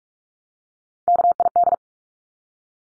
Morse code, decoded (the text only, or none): KID